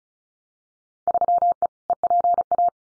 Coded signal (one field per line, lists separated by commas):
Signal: Morse code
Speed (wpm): 34 wpm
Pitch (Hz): 700 Hz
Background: none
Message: 3E EPA